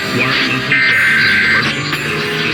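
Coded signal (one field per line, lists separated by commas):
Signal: Emergency Alert System (SAME) tones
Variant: header bursts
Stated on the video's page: Real Required Monthly Tests for Pennsylvania, Indiana and Kentucky.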